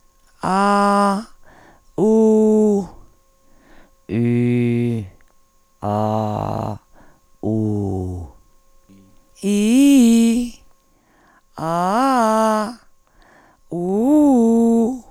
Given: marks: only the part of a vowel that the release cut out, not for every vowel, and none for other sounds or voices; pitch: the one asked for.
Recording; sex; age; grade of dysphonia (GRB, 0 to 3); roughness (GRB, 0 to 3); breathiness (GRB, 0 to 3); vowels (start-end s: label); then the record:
sustained vowels; female; 50 to 59 years; 2; 2; 2
0.52-1.09 s: vowel /a/, high pitch
2.05-2.76 s: vowel /u/, high pitch
4.20-4.88 s: vowel /i/, low pitch
5.90-6.52 s: vowel /a/, low pitch
7.50-8.05 s: vowel /u/, low pitch
9.49-10.29 s: vowel /i/, low-high-low pitch
11.71-12.58 s: vowel /a/, low-high-low pitch
13.82-14.83 s: vowel /u/, low-high-low pitch
From the record:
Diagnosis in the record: Reinke's edema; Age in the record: 52 years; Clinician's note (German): Zustand nach Ödemabtragung, rezidiv beidseitig